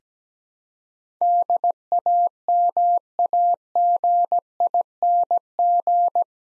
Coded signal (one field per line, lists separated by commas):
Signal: Morse code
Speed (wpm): 17 wpm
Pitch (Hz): 700 Hz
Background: none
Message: DAMAGING